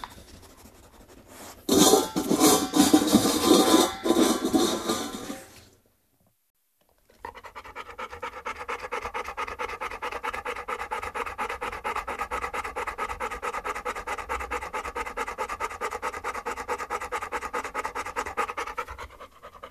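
A burst of loud rustling noise, a short pause, then about 12 seconds of rapid, steady panting at roughly 130 breaths a minute. This is ordinary heat panting in a dog.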